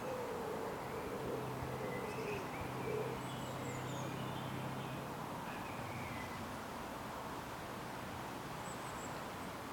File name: Woods Ambience Summer Uk Birds Light Wind Through Trees Wings Flapping